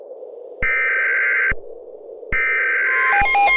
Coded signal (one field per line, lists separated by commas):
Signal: Emergency Alert System (SAME) tones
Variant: header bursts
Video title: Michigan Severe Weather Outbreak (2020) [EAS MOCK]